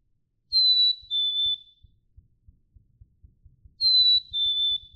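Black-capped chickadee whistled song, a high note dropping to a slightly lower one, given twice, over a soft low rhythmic thumping.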